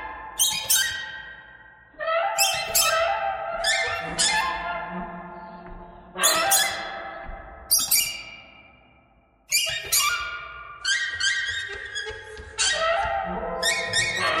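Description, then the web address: Bird calling in bursts of loud, rasping squawks, each group of several falling notes followed by a fading pause. "soundfactory birds"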